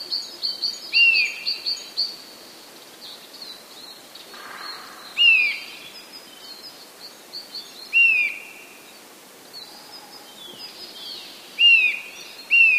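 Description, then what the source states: Eurasian nuthatch calls, clear down-slurred whistled notes spaced a few seconds apart, with softer high twittering in between over a faint hiss. Varied calls.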